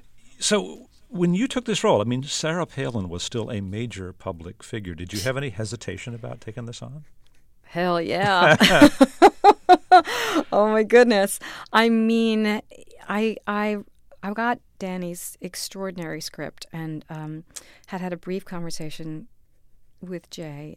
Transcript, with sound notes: So when you took this role, I mean, Sarah Palin was still a major public figure. Did you have any hesitation about taking this on?
Hell, yeah.
(LAUGHTER)
Oh, my goodness. I mean, I got Danny's extraordinary script and had had a brief conversation with Jay,